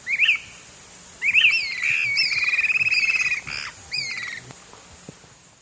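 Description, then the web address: Swainson's flycatcher with whistled calls breaking into a long buzzy trilled note, then several sharp notes, over a constant high background drone. Eastern lowlands of South America. "Natures Songs S America Eastern Lowlands. Swainson's Flycatcher"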